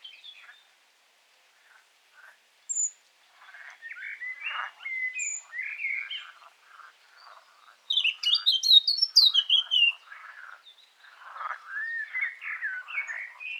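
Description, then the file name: Eurasian blackcap singing: a soft, scratchy warble that builds into loud, clear fluting phrases around the middle, then drops back to quieter twittering. "Sylvia atricapilla"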